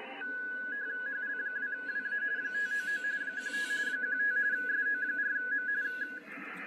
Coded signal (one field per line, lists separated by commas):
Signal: RTTY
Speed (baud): 45.45 baud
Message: HL2WA 599 15 15 SO4M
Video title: 2021 CQ WW DX CONTEST, RTTY Operation - HL2WA (SEP25, 2021)